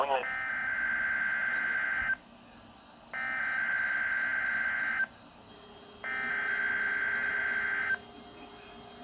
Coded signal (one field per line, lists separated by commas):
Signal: Emergency Alert System (SAME) tones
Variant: header bursts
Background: speech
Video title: Required Weekly Test (7/6/22)(EAS #1,057)